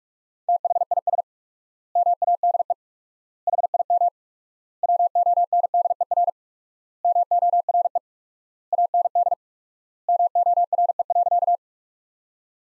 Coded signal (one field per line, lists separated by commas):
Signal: Morse code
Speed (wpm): 46 wpm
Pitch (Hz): 700 Hz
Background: none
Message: THIS MADE HIM WONDER MORE AND MORE.